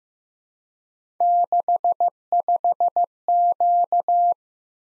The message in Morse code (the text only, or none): 65Q